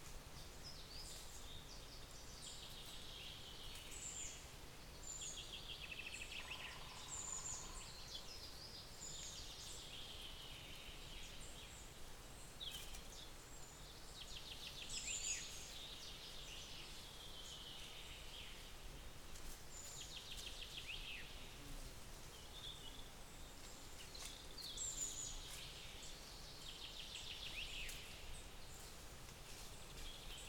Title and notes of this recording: Sounds of the forest. A recording from a beech forest, where we can hear birds, mice walking on dry leaves